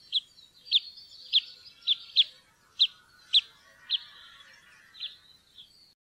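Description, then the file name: Red crossbill call notes: a series of single sharp kips at uneven intervals, softer toward the end. "grankorsnebb"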